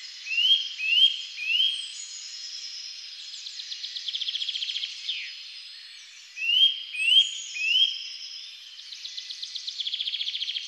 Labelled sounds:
Eurasian Nuthatch song

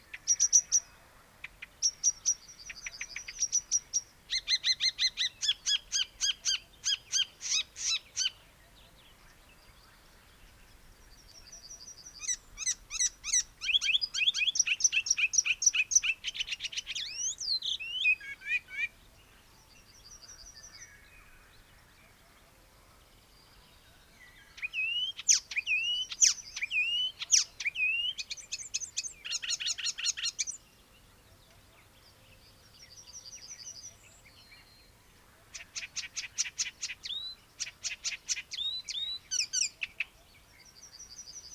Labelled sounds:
Icterine Warbler song

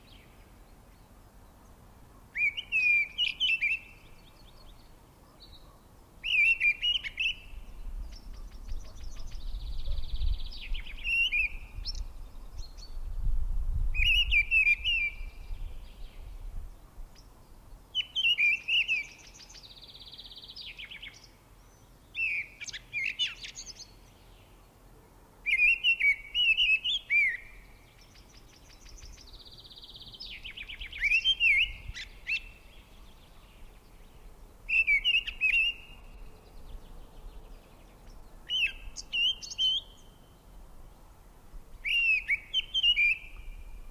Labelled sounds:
Mistle Thrush song

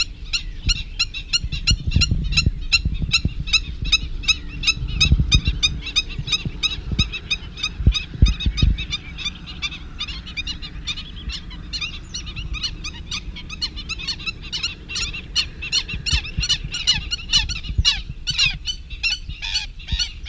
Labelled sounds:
Black-winged Stilt call

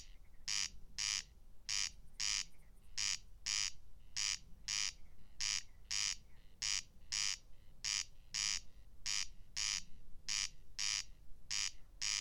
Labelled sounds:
Corn Crake song

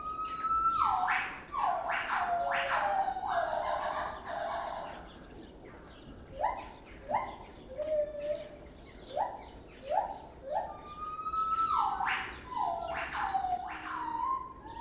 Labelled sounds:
Lar Gibbon

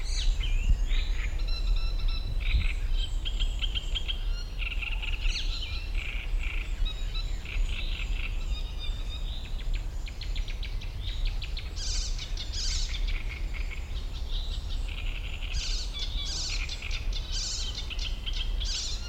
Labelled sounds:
Icterine Warbler

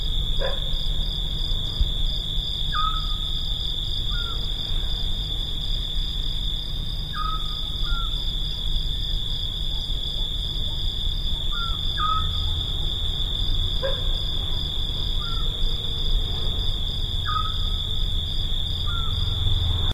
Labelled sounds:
Eurasian Scops Owl song

